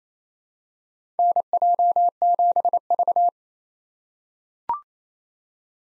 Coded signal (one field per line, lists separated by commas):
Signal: Morse code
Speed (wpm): 28 wpm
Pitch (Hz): 700 Hz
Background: none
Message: NJ7V